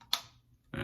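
The hinged lid of a vintage British Ever-Ready Streamline razor case, which has a small chip in it and is missing its original blade banks, is worked on its hinge and snaps shut. A sharp, bright snap at 0.1 s fades over a few tenths of a second, confirming the lid has closed. A broader, louder handling noise follows from about 0.7 s to the end.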